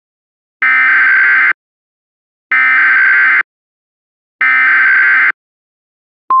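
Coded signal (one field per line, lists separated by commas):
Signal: Emergency Alert System (SAME) tones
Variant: header bursts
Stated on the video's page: Invasion EAS scenario, a fictional simulated alert.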